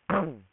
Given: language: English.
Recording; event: throat vibration sensor signal played as sound; throat clearing